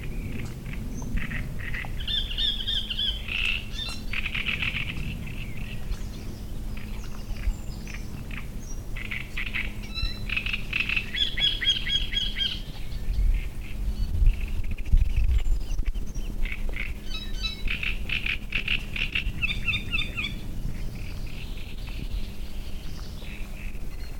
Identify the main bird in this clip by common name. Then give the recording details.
Great Reed Warbler. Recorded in the wild. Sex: male. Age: adult. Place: Müggelsee, Berlin, DE. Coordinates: 52.43, 13.64. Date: 1991-06-07 19:05. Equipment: Uher 4400 Report Monitor, Sennheiser ME 80, K 30 AV. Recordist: Fischer, Stefan. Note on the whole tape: Schilfbestand vor Bucht: beringter Vogel (links rot, rechts grün), wohl nicht verpaart - Gesang